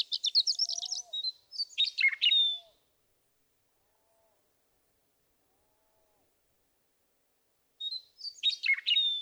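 Western meadowlark songs: a tumbling phrase of bright, gurgling whistles, silence, then the phrase starting again at the end.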